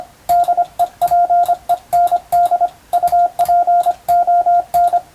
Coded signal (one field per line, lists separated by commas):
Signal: Morse code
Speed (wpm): 25 wpm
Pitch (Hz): 700 Hz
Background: radio noise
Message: DEPEND UPON